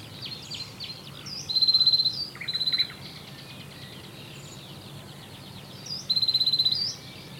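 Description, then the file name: Great tit giving rapid buzzy churring bursts, two close together then another after a pause, with other faint high chirps and twittering around them. "Parus major"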